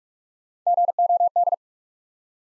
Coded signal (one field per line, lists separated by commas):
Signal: Morse code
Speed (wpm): 44 wpm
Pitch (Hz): 700 Hz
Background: none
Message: G O D